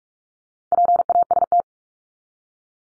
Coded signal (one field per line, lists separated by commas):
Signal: Morse code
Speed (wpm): 44 wpm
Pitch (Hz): 700 Hz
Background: none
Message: PAST